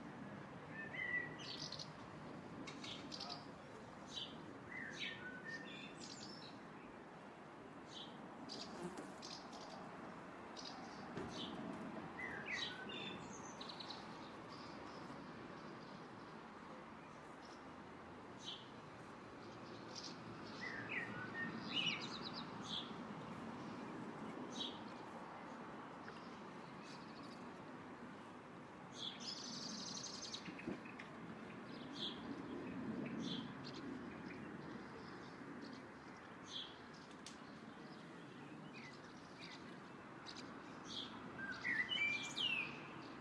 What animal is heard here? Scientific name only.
Delichon urbicum